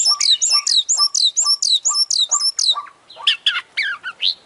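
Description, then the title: Oriental magpie-robin song: loud, rapid phrases of high slurred whistles, each repeated in a fast even rhythm, ending in a burst of varied sharp notes. Champion bird singing vigorously (gacor); from a collection of selected tutor songs (masteran) for training songbirds. "Kacer Juara Gacor"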